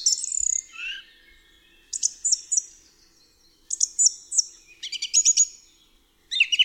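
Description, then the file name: Song thrush song: a whistled slur, then short high phrases each given two or three times in a row, with brief pauses between. "DROZD SPIEWAK"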